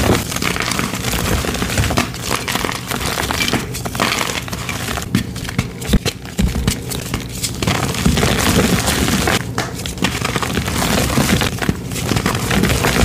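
Gym chalk cylinders being crushed, a dense, continuous gritty crunching and crumbling with frequent sharp cracks throughout, steady and loud.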